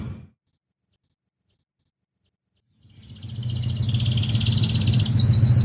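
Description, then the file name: Lancashire canary song beginning after a silent gap, a buzzy trill followed by quick repeated notes, with a low hum underneath. "kenari lancashire"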